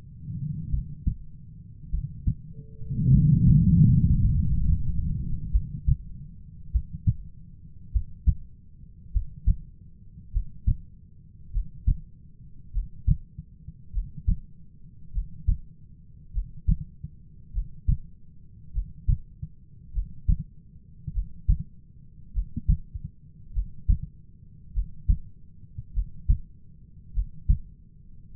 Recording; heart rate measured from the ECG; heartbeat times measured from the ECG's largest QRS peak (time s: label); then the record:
heart sounds by stethoscope; 50 bpm
0.69 s: heartbeat
1.89 s: heartbeat
3.09 s: heartbeat
4.30 s: heartbeat
5.49 s: heartbeat
6.70 s: heartbeat
7.90 s: heartbeat
9.10 s: heartbeat
10.30 s: heartbeat
11.50 s: heartbeat
12.70 s: heartbeat
13.90 s: heartbeat
15.10 s: heartbeat
16.30 s: heartbeat
17.50 s: heartbeat
18.70 s: heartbeat
19.90 s: heartbeat
21.11 s: heartbeat
22.31 s: heartbeat
23.51 s: heartbeat
24.71 s: heartbeat
25.91 s: heartbeat
27.11 s: heartbeat
28.31 s: heartbeat
From the record:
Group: heart failure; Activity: rest 0-5 s, breath hold 5-28 s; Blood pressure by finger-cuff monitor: 62/33 mmHg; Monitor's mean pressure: 42 mmHg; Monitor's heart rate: 50 bpm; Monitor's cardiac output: 4.1 L/min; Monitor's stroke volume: 82 mL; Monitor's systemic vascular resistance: 690 dyn s/cm5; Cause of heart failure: dilated cardiomyopathy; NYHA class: 3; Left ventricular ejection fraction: 27%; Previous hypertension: present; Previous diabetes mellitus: present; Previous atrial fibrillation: present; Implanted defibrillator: present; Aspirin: present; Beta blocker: bisoprolol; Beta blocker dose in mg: 1.25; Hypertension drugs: sacubitril-valsartan, spironolactone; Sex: female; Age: 39 years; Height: 170 cm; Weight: 64 kg